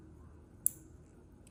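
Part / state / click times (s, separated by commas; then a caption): wire terminal into harness connector housing / seated / 0.7 s. A crimped metal terminal on a wire is slid back into its slot in a plastic wiring-harness connector housing until its locking tang catches. A single sharp, bright click sounds at 0.7 s over a low steady background hum, followed by a much fainter tick at 1.5 s. The terminal is locked and seated in the connector.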